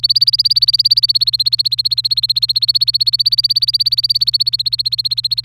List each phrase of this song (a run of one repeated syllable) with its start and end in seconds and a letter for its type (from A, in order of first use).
0.00-5.45 A